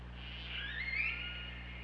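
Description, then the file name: Killer whale call, a drawn-out tonal whistle wavering around the upper-middle range with faint harmonics, over a steady low hum. OrcaLab hydrophone recording, 24 August 2017 at 23:30:47. "Orca Lab UTLN JASON 20170824 233047"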